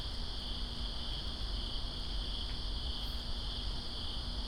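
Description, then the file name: Crickets trilling without pause at a high pitch, backed by the dense rumbling patter of rain. Crickets in rain, Greensboro, 2 September 2017. "Greensboro Crickets And Rain-2017-09-02"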